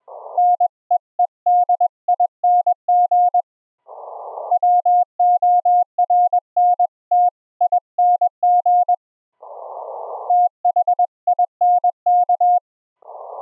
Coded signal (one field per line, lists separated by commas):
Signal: Morse code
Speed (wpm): 20 wpm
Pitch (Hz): 710 Hz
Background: none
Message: NEEDING WORNTING THINK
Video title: Experimental Ham Radio REMOTE RIG AUDIO setup - TCP IP audio OVER the LAN - LIVE HF QSO demo